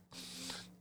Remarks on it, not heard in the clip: Wakes up with a barking seal-like cough that sounds miserable and hurts, you're probably dealing with Croup. It sounds brassy and barky, like a seal.